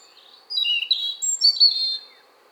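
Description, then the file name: European robin singing a single bright phrase of fluty, wavering high notes ending in a thin sustained note. "Erithacus rubecula"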